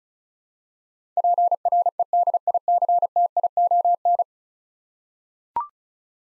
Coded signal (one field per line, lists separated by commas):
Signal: Morse code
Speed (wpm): 36 wpm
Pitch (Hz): 700 Hz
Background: none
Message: PREDICTION